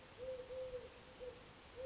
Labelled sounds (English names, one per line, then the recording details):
Western Flycatcher
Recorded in Sonoma County, California